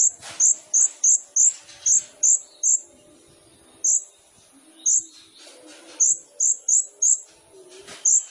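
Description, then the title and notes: Sunbird song: very high, thin notes given in short runs and singly, separated by pauses. Kolibri ninja sunbird in vigorous (gacor) song, full of isian fill-ins and tembakan bursts, meant to prompt other birds (pancingan). "MASTERAN KOLIBRI NINJA FULL ISIAN DAN TEMBAKAN COCOK BUAT PANCINGAN. Suara Burung Kolibri Ninja Gacor"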